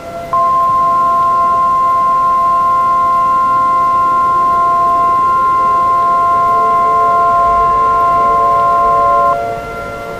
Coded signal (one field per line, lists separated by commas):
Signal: Emergency Alert System (SAME) tones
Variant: 1050 Hz attention tone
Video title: Nature's Revenge - An EAS Scenario